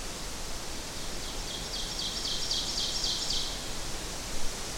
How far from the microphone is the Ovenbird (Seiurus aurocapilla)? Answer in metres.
about 40 m